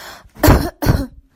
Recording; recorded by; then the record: voluntary cough; messaging app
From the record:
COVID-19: negative